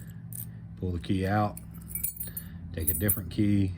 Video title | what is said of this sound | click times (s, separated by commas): Euro pass around box update | stick the thing in there you'll hear it click | 0.4 s